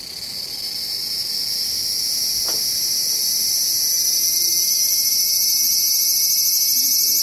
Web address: Lynne Music 2 Insect Call Circada Sci Fi Sounding Long Tokyo Japan Cemetary